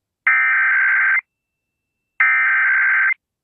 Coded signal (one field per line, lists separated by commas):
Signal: Emergency Alert System (SAME) tones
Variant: header bursts